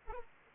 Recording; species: mosquito wingbeat signal from an infrared sensor; Anopheles arabiensis